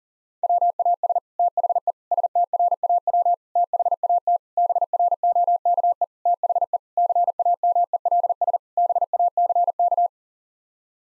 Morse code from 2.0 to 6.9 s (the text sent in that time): STRAW THAT BROKE THE